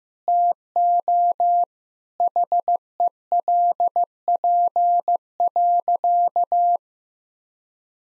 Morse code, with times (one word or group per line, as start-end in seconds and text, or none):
0.3-1.6 TO
2.2-6.8 HELP.